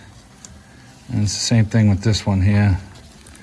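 Someone handles the next plastic electrical connector of the engine wiring harness, pushing it toward its terminal on the engine of a 1999–2004 Jeep Grand Cherokee 4.0 during a valve cover gasket replacement, the same way as the one before. Someone talks through the middle of the clip over quiet background noise. Nothing has seated or clicked yet when the clip ends.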